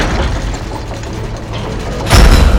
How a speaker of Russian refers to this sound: Дверь в Колизей открывается.